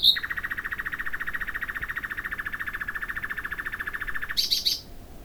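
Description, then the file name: Common nightingale song: a long, rapid trill of evenly pulsed notes held for about four seconds, then a few sharp, higher notes at the end. "Luscinia megarhynchos"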